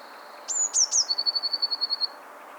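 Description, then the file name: Eurasian blue tit song phrase: a high thin note, two quick descending notes, then a fast, even, tinkling trill lasting about a second. "Cyanistes caeruleus"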